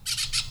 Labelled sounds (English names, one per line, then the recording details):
Brown-throated Parakeet contact call
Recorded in Venezuela
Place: Cerro Saroche, Hato Dalmatela, Edo. Lara
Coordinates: 10.149, -69.534